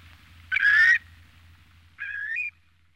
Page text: Азиатский бекасовидный веретенник – Limnodromus semipalmatus